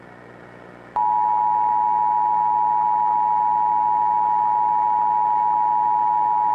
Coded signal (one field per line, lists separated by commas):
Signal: Emergency Alert System (SAME) tones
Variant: 853 and 960 Hz attention tone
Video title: EAS Scenario - Majora's Mask